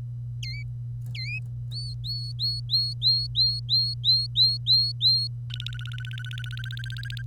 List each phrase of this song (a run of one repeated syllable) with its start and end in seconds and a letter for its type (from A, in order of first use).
0.43-0.63 A, 1.15-1.39 A, 1.71-5.28 B, 5.50-7.22 C